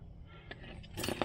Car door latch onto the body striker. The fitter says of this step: It won't it won't click shut.